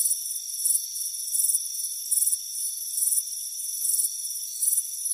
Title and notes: Soothing Crickets Chirping Sound. It's a warm afternoon as you relax in a hammock on the front porch